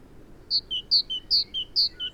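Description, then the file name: Great tit singing a bright high-low two-note phrase, repeated four times in quick, even rhythm over a faint background hiss. "Parus major"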